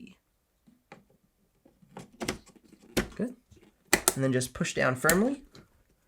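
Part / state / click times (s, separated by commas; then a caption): DDR4 memory module into motherboard DIMM slot / not seated / none. DDR4 memory modules are handled over motherboard DIMM slots A1 and B1 while someone talks, with a few short handling taps and knocks. Nothing has seated or clicked yet.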